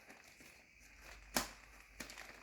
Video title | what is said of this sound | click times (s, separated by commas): Little Tikes 2-1 food truck. Full set up & assembly. Welcome to "End of Search" quickest reviews | You can kind of hear that one click. | 1.4 s